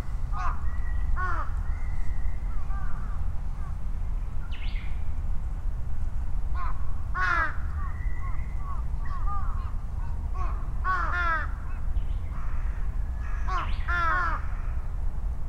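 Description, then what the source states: Several crows cawing and answering one another, harsh repeated notes in bursts throughout, with a few brief higher bird notes over constant low traffic rumble. Several crows calling and responding to each other, Sunday at noon, Ichimiyake, Yasu City, Shiga Prefecture, Japan; vehicle rumble; recorded on Sony PCM-M10 with small omnidirectional mics on a bicycle handlebar bag.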